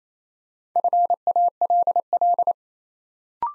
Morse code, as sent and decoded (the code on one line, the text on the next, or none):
..-. .- .-.. .-..
FALL